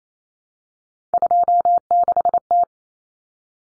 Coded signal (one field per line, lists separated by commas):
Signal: Morse code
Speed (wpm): 28 wpm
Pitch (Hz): 700 Hz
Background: none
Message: 26T